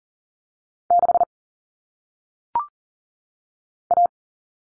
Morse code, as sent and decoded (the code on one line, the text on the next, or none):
-.... / .-
6 A